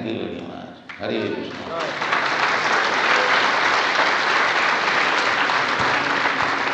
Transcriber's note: loud applause